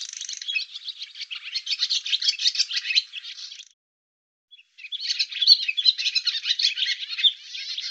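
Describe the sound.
Barn swallow twittering, a fast, dense, scratchy chatter of high notes that runs about four seconds, breaks off briefly, then resumes; no other sounds.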